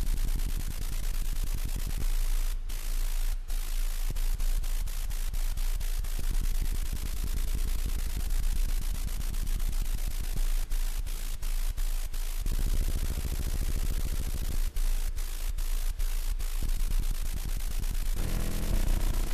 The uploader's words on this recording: SunVox randomized noise time. Noise generators run through short-duty-cycle square-wave LFOs to make a "beat." LFO frequencies controlled by Velocity2Ctl modules, which are each receiving random velocities from a dedicated MultiSynth and pattern.